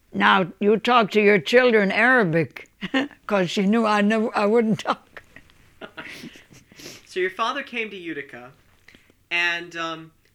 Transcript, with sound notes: Now you talk to your children Arabic." Because she knew I'd nev, I wouldn't talk. (they laugh)
So your father came to Utica. And,